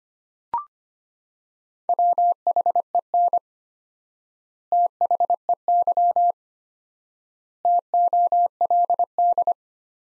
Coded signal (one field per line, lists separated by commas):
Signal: Morse code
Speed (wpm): 25 wpm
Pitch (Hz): 700 Hz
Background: none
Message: WHEN THEY TOLD